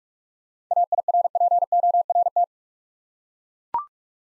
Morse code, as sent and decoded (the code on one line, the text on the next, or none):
.- .. .-. .--. --- .-. -
AIRPORT